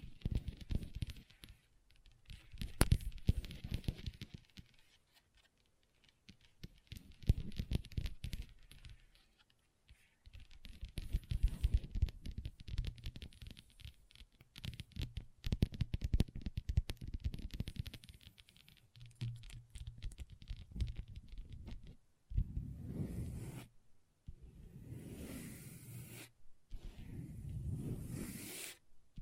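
Long nails tap and scratch across a table in irregular bursts of rapid clicking and rasping, separated by brief pauses, growing denser near the end.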